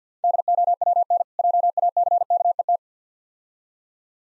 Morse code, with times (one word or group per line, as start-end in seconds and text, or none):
0.2-1.2 DOWN
1.4-2.8 JACKET